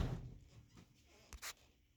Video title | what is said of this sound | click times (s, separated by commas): PTZ Camera Controller System | so there's a um so there's a little click when it does it | 1.3 s